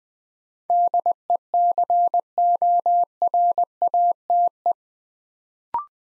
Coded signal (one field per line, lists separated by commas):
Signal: Morse code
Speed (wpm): 20 wpm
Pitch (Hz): 700 Hz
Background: none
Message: DECORATE